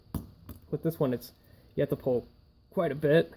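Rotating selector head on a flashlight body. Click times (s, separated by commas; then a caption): 0.1 s. The IR/white selector head of the previous Surefire Vampire flashlight model is rotated on the flashlight body into its detent position, giving a sharp click at 0.2 s, followed by a few fainter ticks. The head rotates smoothly and clicks into position. Someone talks afterward.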